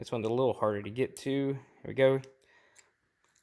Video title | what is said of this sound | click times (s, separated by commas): BMW 750iL E32 Transmission Fluid Change, Throttle Body Rebuild, Test Drive, and Blown Fuse Find | clicked in place then for the motor cover also it has a | 2.8 s, 3.4 s